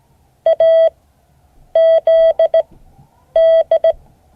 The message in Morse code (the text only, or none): AZD